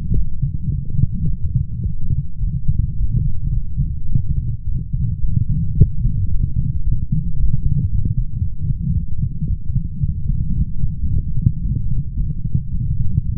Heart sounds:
heart sounds by stethoscope; 110 bpm
0.17 s: heartbeat
0.73 s: heartbeat
1.29 s: heartbeat
1.86 s: heartbeat
2.43 s: heartbeat
2.99 s: heartbeat
3.55 s: heartbeat
4.11 s: heartbeat
4.67 s: heartbeat
5.23 s: heartbeat
5.78 s: heartbeat
6.33 s: heartbeat
6.87 s: heartbeat
7.40 s: heartbeat
7.93 s: heartbeat
8.45 s: heartbeat
8.97 s: heartbeat
9.50 s: heartbeat
10.04 s: heartbeat
10.58 s: heartbeat
11.12 s: heartbeat
11.65 s: heartbeat
12.19 s: heartbeat
12.74 s: heartbeat
13.29 s: heartbeat
From the record:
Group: healthy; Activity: light exercise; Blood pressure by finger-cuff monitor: 171/87 mmHg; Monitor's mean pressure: 108 mmHg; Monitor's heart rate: 111 bpm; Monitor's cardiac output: 8.7 L/min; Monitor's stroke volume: 79 mL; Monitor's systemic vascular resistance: 920 dyn s/cm5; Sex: male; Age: 21 years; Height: 175 cm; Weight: 72.6 kg

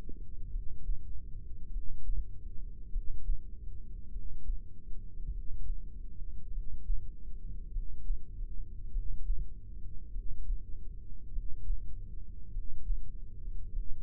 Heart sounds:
heart sounds by microphone in the right ear; 50 bpm
0.47 s: heartbeat
1.67 s: heartbeat
2.87 s: heartbeat
4.08 s: heartbeat
5.28 s: heartbeat
6.48 s: heartbeat
7.68 s: heartbeat
8.88 s: heartbeat
10.08 s: heartbeat
11.28 s: heartbeat
12.48 s: heartbeat
13.68 s: heartbeat
From the record:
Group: heart failure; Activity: breath hold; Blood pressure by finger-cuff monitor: 66/41 mmHg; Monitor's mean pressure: 48 mmHg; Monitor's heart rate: 50 bpm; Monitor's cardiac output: 3.5 L/min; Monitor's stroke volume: 70 mL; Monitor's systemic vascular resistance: 910 dyn s/cm5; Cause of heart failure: dilated cardiomyopathy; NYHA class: 3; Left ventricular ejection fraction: 27%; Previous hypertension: present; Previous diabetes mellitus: present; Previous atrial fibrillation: present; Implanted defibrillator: present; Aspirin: present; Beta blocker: bisoprolol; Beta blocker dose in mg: 1.25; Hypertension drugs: sacubitril-valsartan, spironolactone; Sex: female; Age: 39 years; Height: 170 cm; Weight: 64 kg

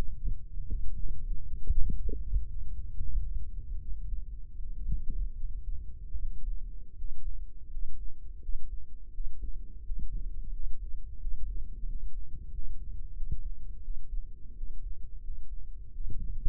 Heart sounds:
heart sounds by microphone in the left ear; 83 bpm
0.66 s: heartbeat
1.45 s: heartbeat
2.19 s: heartbeat
2.98 s: heartbeat
3.79 s: heartbeat
4.56 s: heartbeat
5.35 s: heartbeat
6.14 s: heartbeat
6.96 s: heartbeat
7.68 s: heartbeat
8.40 s: heartbeat
9.11 s: heartbeat
9.82 s: heartbeat
10.50 s: heartbeat
11.18 s: heartbeat
11.86 s: heartbeat
12.50 s: heartbeat
13.14 s: heartbeat
13.81 s: heartbeat
14.55 s: heartbeat
15.21 s: heartbeat
15.92 s: heartbeat
From the record:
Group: healthy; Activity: rest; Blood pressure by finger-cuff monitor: 89/61 mmHg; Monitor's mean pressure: 67 mmHg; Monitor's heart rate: 82 bpm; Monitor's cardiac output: 5.5 L/min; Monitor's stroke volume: 66 mL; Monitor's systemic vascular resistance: 840 dyn s/cm5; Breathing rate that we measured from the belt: 23 breaths a minute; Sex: male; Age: 22 years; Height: 181 cm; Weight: 60 kg

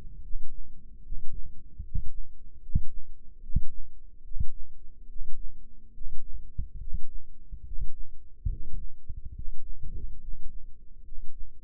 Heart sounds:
heart sounds by microphone in the left ear; 72 bpm
0.21 s: heartbeat
1.02 s: heartbeat
1.82 s: heartbeat
2.60 s: heartbeat
3.41 s: heartbeat
4.22 s: heartbeat
5.07 s: heartbeat
5.92 s: heartbeat
6.78 s: heartbeat
7.63 s: heartbeat
8.47 s: heartbeat
9.32 s: heartbeat
10.19 s: heartbeat
11.03 s: heartbeat
From the record:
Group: healthy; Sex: male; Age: 35 years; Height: 180 cm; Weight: 86.9 kg

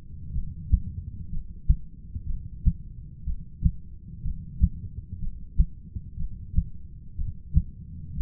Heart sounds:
heart sounds by stethoscope; 61 bpm
0.33 s: heartbeat
1.30 s: heartbeat
2.27 s: heartbeat
3.25 s: heartbeat
4.23 s: heartbeat
5.20 s: heartbeat
6.17 s: heartbeat
7.16 s: heartbeat
8.15 s: heartbeat
From the record:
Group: heart failure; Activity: rest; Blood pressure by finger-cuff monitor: 117/79 mmHg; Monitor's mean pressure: 93 mmHg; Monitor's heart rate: 61 bpm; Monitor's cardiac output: 6.5 L/min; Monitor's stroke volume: 106 mL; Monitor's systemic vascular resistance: 1050 dyn s/cm5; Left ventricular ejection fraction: 25%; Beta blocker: metoprolol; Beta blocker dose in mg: 62.5 twice daily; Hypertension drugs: ramipril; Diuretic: furosemide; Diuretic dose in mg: 40 twice daily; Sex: male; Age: 57 years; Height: 180 cm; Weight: 90.5 kg

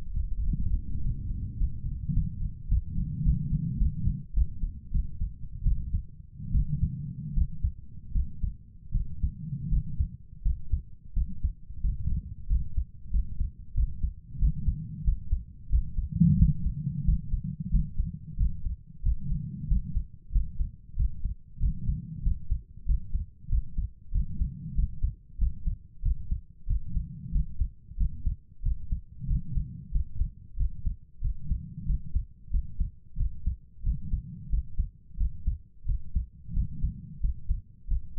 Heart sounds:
heart sounds by stethoscope; 91 bpm
0.42 s: heartbeat
0.99 s: heartbeat
1.56 s: heartbeat
2.12 s: heartbeat
2.67 s: heartbeat
3.22 s: heartbeat
3.77 s: heartbeat
4.33 s: heartbeat
4.90 s: heartbeat
5.62 s: heartbeat
6.51 s: heartbeat
7.33 s: heartbeat
8.11 s: heartbeat
8.91 s: heartbeat
9.68 s: heartbeat
10.41 s: heartbeat
11.13 s: heartbeat
11.80 s: heartbeat
12.46 s: heartbeat
13.10 s: heartbeat
13.73 s: heartbeat
14.38 s: heartbeat
15.03 s: heartbeat
15.69 s: heartbeat
16.36 s: heartbeat
17.04 s: heartbeat
17.70 s: heartbeat
18.36 s: heartbeat
19.02 s: heartbeat
19.67 s: heartbeat
20.31 s: heartbeat
20.95 s: heartbeat
21.59 s: heartbeat
22.22 s: heartbeat
22.85 s: heartbeat
23.48 s: heartbeat
24.11 s: heartbeat
24.74 s: heartbeat
25.37 s: heartbeat
26.01 s: heartbeat
26.66 s: heartbeat
27.31 s: heartbeat
27.96 s: heartbeat
28.61 s: heartbeat
29.26 s: heartbeat
29.90 s: heartbeat
30.56 s: heartbeat
31.20 s: heartbeat
31.85 s: heartbeat
32.50 s: heartbeat
33.16 s: heartbeat
33.82 s: heartbeat
34.48 s: heartbeat
35.16 s: heartbeat
35.84 s: heartbeat
36.52 s: heartbeat
37.19 s: heartbeat
37.87 s: heartbeat
From the record:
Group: healthy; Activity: Valsalva maneuver 0-1 s, rest 1-38 s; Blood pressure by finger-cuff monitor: 114/69 mmHg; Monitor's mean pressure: 86 mmHg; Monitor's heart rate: 92 bpm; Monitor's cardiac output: 7.4 L/min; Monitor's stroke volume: 82 mL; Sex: female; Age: 32 years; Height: 172 cm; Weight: 71.7 kg

